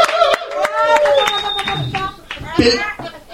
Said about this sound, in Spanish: Un aplauso para el público. Ahí está ese público.